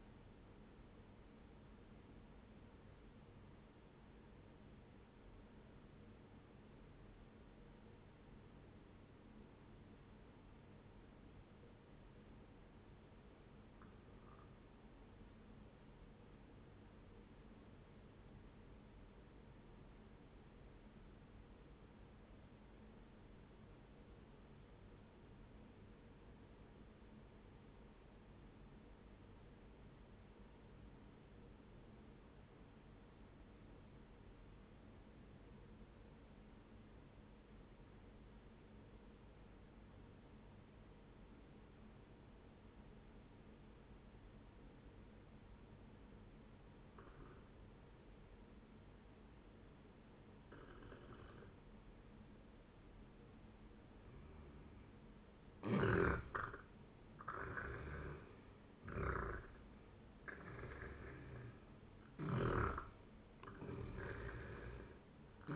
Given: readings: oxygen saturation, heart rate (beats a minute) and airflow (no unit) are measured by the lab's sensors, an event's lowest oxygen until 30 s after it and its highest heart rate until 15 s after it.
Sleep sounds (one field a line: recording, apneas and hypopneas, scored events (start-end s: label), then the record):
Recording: breathing in sleep by a voice recorder at the bedside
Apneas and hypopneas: 1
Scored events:
8.00-55.50 s: obstructive apnea (N2, oxygen 97% highest, then 89% lowest, heart rate 59 at the start, 78 highest)
32.00-65.56 s: new sleep stage, N1 (lightest sleep)
From the record:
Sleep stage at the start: N2 (light sleep)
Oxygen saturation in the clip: 89 to 97%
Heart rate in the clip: 58 to 76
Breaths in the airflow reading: 3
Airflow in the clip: -12.0 to 14.7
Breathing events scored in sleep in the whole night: 131 in 7.2 hours asleep